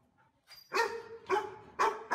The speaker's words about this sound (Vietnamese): Đêm đó trong bàn, chó cắn kinh lắm. Nhưng con chó cứ gióng ra hướng người về phía chân núi mà sủa lên inh ỏi.